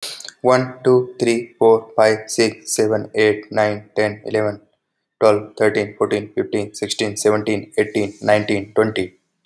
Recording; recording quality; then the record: counting at a fast pace; excellent, no background noise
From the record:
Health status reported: healthy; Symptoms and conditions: none ticked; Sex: male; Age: 29 years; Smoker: not ticked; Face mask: not worn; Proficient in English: yes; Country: India